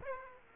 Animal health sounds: mosquito wingbeat signal from an infrared sensor; Aedes aegypti

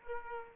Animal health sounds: mosquito wingbeat signal from an infrared sensor; Aedes aegypti

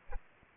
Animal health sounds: mosquito wingbeat signal from an infrared sensor; Aedes aegypti

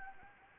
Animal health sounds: mosquito wingbeat signal from an infrared sensor; Anopheles arabiensis

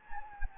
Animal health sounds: mosquito wingbeat signal from an infrared sensor; Anopheles gambiae

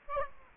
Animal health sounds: mosquito wingbeat signal from an infrared sensor; Aedes aegypti

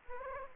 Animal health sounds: mosquito wingbeat signal from an infrared sensor; Aedes aegypti

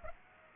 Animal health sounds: mosquito wingbeat signal from an infrared sensor; Aedes aegypti

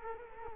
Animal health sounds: mosquito wingbeat signal from an infrared sensor; Culex quinquefasciatus

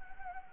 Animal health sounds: mosquito wingbeat signal from an infrared sensor; Anopheles gambiae

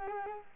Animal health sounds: mosquito wingbeat signal from an infrared sensor; Culex quinquefasciatus

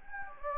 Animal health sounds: mosquito wingbeat signal from an infrared sensor; Anopheles gambiae

